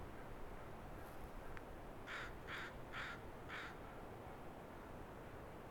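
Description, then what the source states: Crow calling four harsh caws in a steady row, with a faint high note earlier and continuous low background noise. Recorded at dawn; several crows.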